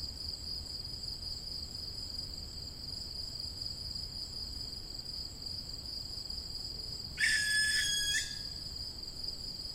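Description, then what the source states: Barn owl chick giving a single short, wheezy hiss of about a second late, over a constant high-pitched background drone. Young birds.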